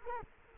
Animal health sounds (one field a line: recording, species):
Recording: mosquito wingbeat signal from an infrared sensor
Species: Culex quinquefasciatus